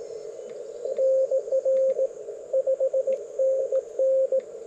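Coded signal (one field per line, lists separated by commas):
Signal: Morse code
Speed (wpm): 21 wpm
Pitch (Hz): 530 Hz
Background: radio noise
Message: NR 5NN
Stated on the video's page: Park activation on a simple wire vertical antenna for 40m, 15m and 6m, with a tuner.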